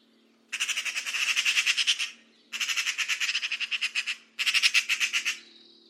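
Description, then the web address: Bird calls in three loud, grating bursts, each a rapid stutter of rasping pulses lasting one to two seconds. "Deverinetal 2025 File origin Bird Only"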